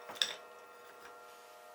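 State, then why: Seated. Two metal spurs on a hi-hat stand base are folded out and locked into place so they dig into the side of the pedal and keep it steady. A short, sharp click lands at 0.2 s over faint steady ringing tones, and the spurs are seated.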